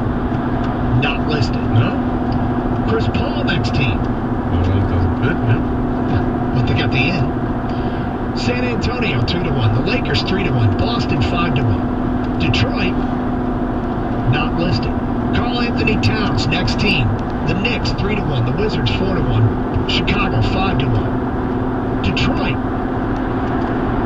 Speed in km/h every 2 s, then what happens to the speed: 121, 122, 122, 122, 124, 122, 122, 122, 124, 126, 127, 126.
0-24 steady at about 122.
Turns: none.